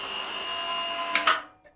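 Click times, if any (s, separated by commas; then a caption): 1.1 s, 1.3 s. A click-type torque wrench set to 600 Nm is pulled on a bolt over a steady tonal hum until it releases with a sharp double click at about 1.2 and 1.3 seconds. The sound then fades, and the click is confirmed as the wrench releasing at 600 Nm.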